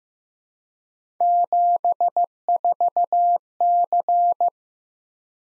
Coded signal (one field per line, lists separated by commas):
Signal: Morse code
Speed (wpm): 15 wpm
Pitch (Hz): 700 Hz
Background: none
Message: 74C